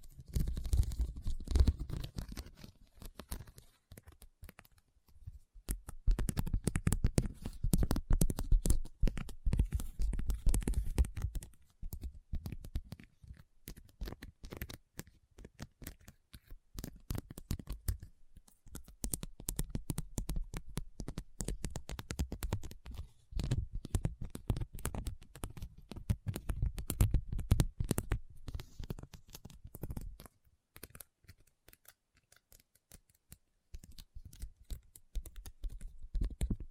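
Rapid tapping and scratching on rhinestones, a dense flurry of small clicky, crackly ticks that comes in bursts. The busy stretches run from the start to about 12 seconds and again around 17–30 seconds, with quieter gaps between and a fresh burst near the end.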